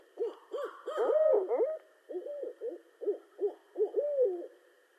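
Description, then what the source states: Barred owl giving a rapid series of hoots with overlapping, wavering calls early on, then spaced hoots ending in a drawn, sliding hoot. Recorded on 18 March 2012.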